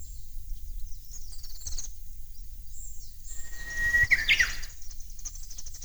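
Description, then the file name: Japanese bush warbler song with a drawn-out whistle held steady, ending in a fast warbled twist of notes, over soft low background noise and faint chirping. "ウグイス音声"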